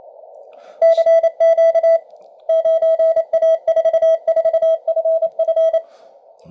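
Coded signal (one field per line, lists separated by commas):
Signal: Morse code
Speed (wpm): 27 wpm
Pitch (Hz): 650 Hz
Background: none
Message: CQ 9A44FF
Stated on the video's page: Received on a Malahit DSP2 and Tecsun S2200-x with an end-fed antenna and internal loop.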